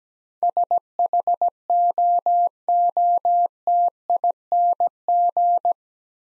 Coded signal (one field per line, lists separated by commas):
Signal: Morse code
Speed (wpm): 17 wpm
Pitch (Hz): 700 Hz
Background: none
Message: SHOOTING